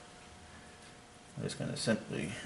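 The number 1 spark plug wire boot, pre-greased, is being handled to be pushed onto the ignition coil tower of a 2011 Ford Fiesta, not yet latched onto the spark plug. Quiet background gives way to someone talking from about 1.4 s. Nothing has seated or clicked yet.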